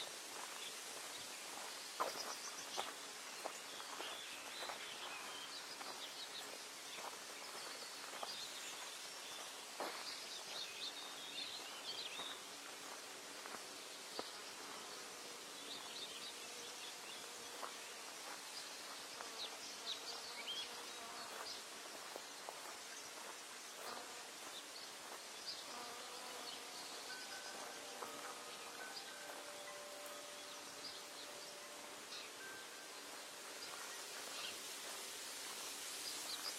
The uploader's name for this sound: idyllic bird singing atmosphere, with the footsteps